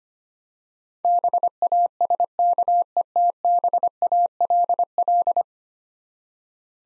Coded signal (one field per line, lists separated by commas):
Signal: Morse code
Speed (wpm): 25 wpm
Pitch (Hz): 700 Hz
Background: none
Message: BASKETBALL